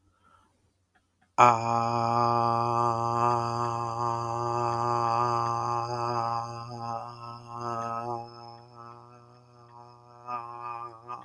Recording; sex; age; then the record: vowel held as long as possible; male; 20 to 29 years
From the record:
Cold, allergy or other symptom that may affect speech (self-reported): no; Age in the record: 28 years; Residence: Illinois, United States